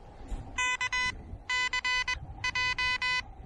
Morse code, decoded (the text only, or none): KCJ